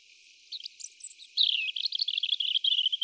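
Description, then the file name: European robin delivering a short hesitant intro of high notes, then a rapid, dense, tinkling warble of sharp metallic notes to the end. "Erithacus rubecula"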